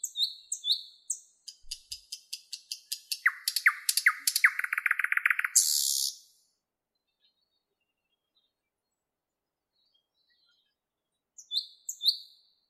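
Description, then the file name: Nightingale song building from repeated high whistles into an accelerating, loud trill and ending in a rough buzzy note; a long silence, then high whistles begin again. "Penie Solovja"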